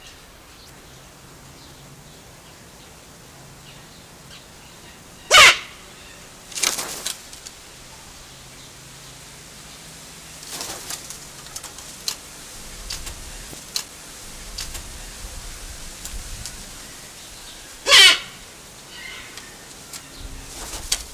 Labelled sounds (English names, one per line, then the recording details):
Silvery-cheeked Hornbill call
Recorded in captivity
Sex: pair
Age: adult
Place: Zoo Berlin, Berlin, DE
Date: 1999-07-28 16:49
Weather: heiter, 24-26°C
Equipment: Sony WM-D6C, Sennheiser ME 80, Kopie Uher 4000 Report Monitor
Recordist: Tembrock, Günter
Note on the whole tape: Männchen: Kurzlaute, dann auch vom Weibchen; Entfernung ca